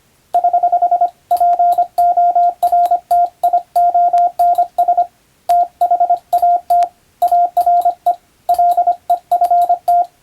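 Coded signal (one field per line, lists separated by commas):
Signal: Morse code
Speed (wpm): 25 wpm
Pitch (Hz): 700 Hz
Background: radio noise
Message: <HH>PORTIONS THAT ARE LEFT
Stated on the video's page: Morse receiving practice modeled on ship-to-shore telegram traffic, using a European-language telegram practice book; playback speed adjustable.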